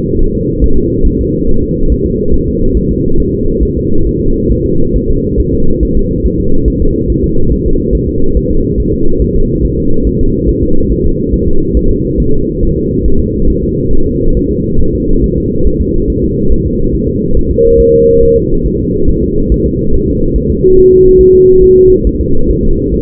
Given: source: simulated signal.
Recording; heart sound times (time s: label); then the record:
fetal heart sounds
0.21 s: S1
0.35 s: S2
0.64 s: S1
0.78 s: S2
1.07 s: S1
1.21 s: S2
1.49 s: S1
1.63 s: S2
1.92 s: S1
2.06 s: S2
2.34 s: S1
2.48 s: S2
2.77 s: S1
2.91 s: S2
3.20 s: S1
3.34 s: S2
3.63 s: S1
3.77 s: S2
4.07 s: S1
4.21 s: S2
4.52 s: S1
4.66 s: S2
4.96 s: S1
5.10 s: S2
5.40 s: S1
5.54 s: S2
5.83 s: S1
5.97 s: S2
6.26 s: S1
6.40 s: S2
6.68 s: S1
6.82 s: S2
7.10 s: S1
7.24 s: S2
7.52 s: S1
7.67 s: S2
7.95 s: S1
8.09 s: S2
8.37 s: S1
8.51 s: S2
8.80 s: S1
8.94 s: S2
9.22 s: S1
9.36 s: S2
9.65 s: S1
9.79 s: S2
10.07 s: S1
10.21 s: S2
10.49 s: S1
10.63 s: S2
10.92 s: S1
11.06 s: S2
11.34 s: S1
11.48 s: S2
11.77 s: S1
11.91 s: S2
12.20 s: S1
12.34 s: S2
12.63 s: S1
12.77 s: S2
13.06 s: S1
13.20 s: S2
13.50 s: S1
13.64 s: S2
13.93 s: S1
14.07 s: S2
14.37 s: S1
14.51 s: S2
14.81 s: S1
14.95 s: S2
15.24 s: S1
15.38 s: S2
15.67 s: S1
15.81 s: S2
16.10 s: S1
16.24 s: S2
16.52 s: S1
16.67 s: S2
16.95 s: S1
17.09 s: S2
17.37 s: S1
17.51 s: S2
17.80 s: S1
17.94 s: S2
18.23 s: S1
18.37 s: S2
18.66 s: S1
18.81 s: S2
19.09 s: S1
19.24 s: S2
19.52 s: S1
19.66 s: S2
19.94 s: S1
20.08 s: S2
20.36 s: S1
20.50 s: S2
20.78 s: S1
20.92 s: S2
21.21 s: S1
21.35 s: S2
21.64 s: S1
21.78 s: S2
22.07 s: S1
22.21 s: S2
22.51 s: S1
22.65 s: S2
22.94 s: S1
From the record:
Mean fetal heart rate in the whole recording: 140 bpm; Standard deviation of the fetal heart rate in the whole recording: 2 bpm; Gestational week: 34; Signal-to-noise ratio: -19.1 dB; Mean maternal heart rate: 72 bpm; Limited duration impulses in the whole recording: present